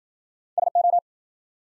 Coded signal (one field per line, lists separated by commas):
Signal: Morse code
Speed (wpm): 53 wpm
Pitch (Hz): 700 Hz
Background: none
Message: SO